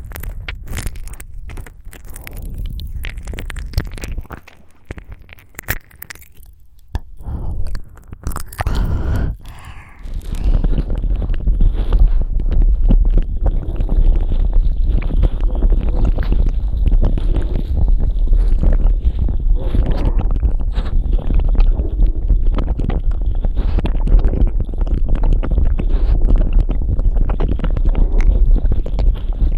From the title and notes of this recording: ASMR Ear Eating Tingles.